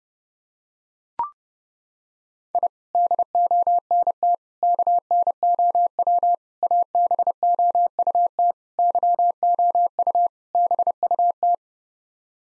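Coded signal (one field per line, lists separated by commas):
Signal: Morse code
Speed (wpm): 30 wpm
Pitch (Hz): 700 Hz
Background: none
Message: I DONT KNOW ABOUT YOU BUT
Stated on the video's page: Morse code head-copy drill sending sets of six common English words at 30 wpm, each set sent twice.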